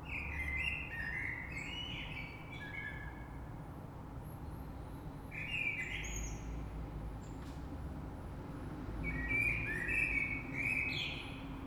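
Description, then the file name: Common blackbird song, three warbling fluted phrases with squeaky high endings spaced by pauses, over a low rumble of background noise. Recorded 3 March 2020. "Rush Merle"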